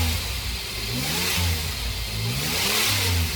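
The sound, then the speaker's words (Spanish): A car's rotary engine, just repaired and started, runs loudly and steadily, its low rumbling pitch climbing and dipping through several revs over a few seconds, with no voices. “El segundo hombre, el amable que había detenido su carro para poder ayudar, echó manos a la obra y en pocos minutos encontró el daño que tenía el auto y lo pudo arrancar.”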